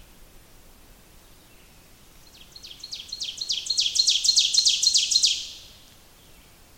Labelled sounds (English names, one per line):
Ovenbird song